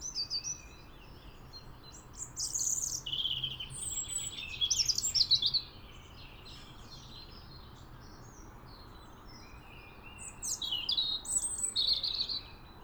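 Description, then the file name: European robin singing a varied, high, tinkling song of warbled phrases separated by pauses of a few seconds. Singing on a grave. "European Robin Singing On Thomas Hardys Grave"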